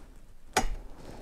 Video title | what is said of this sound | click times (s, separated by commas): How to Setup the Hornady Case Feeder | and it'll just kind of snap into place. | 0.6 s